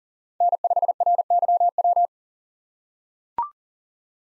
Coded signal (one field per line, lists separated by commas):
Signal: Morse code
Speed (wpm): 40 wpm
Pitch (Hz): 700 Hz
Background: none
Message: N5RYW